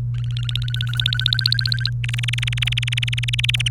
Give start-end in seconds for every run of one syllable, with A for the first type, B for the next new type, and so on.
0.14-1.90 A, 2.04-3.68 B